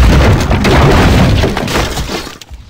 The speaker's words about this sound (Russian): Раздается гулкий сухой треск.